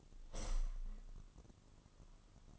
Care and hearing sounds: daily activity, microphone in the room; open window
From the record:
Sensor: 4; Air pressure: 1005.5 hPa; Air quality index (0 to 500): 93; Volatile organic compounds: 2 ppm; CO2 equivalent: 1143 ppm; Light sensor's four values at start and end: 13/29/11/11 and 13/29/11/11

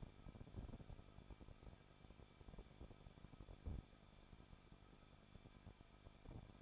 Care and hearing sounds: daily activity, microphone in the room; no activity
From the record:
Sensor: 5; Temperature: 20.9 degrees Celsius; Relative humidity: 38.1%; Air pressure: 1006.4 hPa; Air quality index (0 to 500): 187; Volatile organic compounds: 18 ppm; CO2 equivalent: 2624 ppm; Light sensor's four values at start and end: 2/3/1/1 and 2/3/1/1

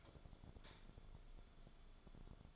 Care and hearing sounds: daily activity, microphone in the room; light off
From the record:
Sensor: 5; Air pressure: 1010.3 hPa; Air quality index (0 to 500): 119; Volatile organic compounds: 2 ppm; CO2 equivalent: 1174 ppm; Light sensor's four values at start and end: 510/1305/540/606 and 506/1294/536/601

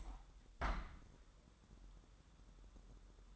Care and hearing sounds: daily activity, microphone in the room; open window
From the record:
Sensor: 3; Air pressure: 1000.4 hPa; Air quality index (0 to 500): 247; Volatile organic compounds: 169 ppm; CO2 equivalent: 4103 ppm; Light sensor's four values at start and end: 10/23/9/9 and 11/25/10/10

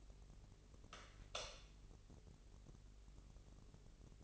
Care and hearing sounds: daily activity, microphone in the room; light on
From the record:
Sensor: 4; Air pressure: 996.1 hPa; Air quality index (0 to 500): 66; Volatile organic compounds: 2 ppm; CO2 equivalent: 1182 ppm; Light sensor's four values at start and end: 15/34/14/13 and 18/46/18/18

